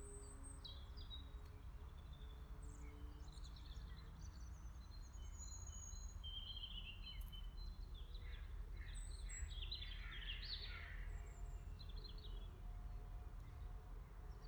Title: eine-minute media 20200318 voegel im wald eine maus und ein motorrad